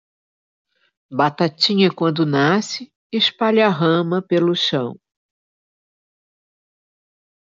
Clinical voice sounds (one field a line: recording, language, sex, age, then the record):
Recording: short text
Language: Brazilian Portuguese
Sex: female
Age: 60 to 69 years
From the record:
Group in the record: control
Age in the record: 68 years